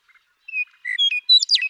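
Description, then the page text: Western meadowlark song: a few soft notes, a clear whistled note, then a quick burst of bright gurgling, jumbled notes ending the phrase. One male, nicknamed Bird 1, singing in Sierra Valley, eastern California, during 2018. "Birdsong for the Curious Naturalist. The joy of western meadowlark songs. Sierra Valley in eastern California"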